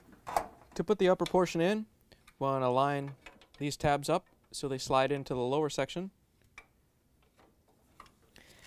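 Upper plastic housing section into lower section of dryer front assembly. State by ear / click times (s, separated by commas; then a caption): not seated / none. Someone talks while lining up the tabs on the upper plastic housing section so they slide into the lower section of a GE dryer front assembly during a WE1M1011 door latch job, before it is rotated and snapped home. Only small handling ticks are heard, and nothing has seated or clicked yet.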